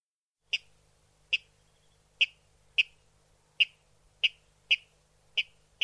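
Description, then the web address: Water rail producing crisp, single ticking notes, nine in all, a little faster than one per second. Water rail call played back for a survey protocol, France. "Oiseaux Eau Raledeau Protocolerepasse Rledeau FC"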